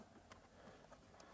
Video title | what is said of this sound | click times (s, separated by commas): etrailer - Redarc Tow-Pro Liberty Brake Controller Installation Guide - 2024 Subaru Ascent | Get that popped in place. We have a nice click. | 0.3 s